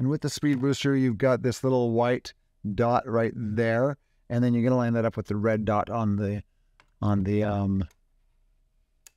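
Someone talks while a Metabones Speed Booster focal reducer lens adapter is lined up white dot to red dot on the Micro Four Thirds lens mount of a Blackmagic Pocket Cinema Camera 4K. After a short quiet stretch, it is rotated and its bayonet locks into the mount with a single brief click at 9.1 s, leaving the adapter seated and installed.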